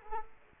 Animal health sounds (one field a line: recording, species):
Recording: mosquito wingbeat signal from an infrared sensor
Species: Culex quinquefasciatus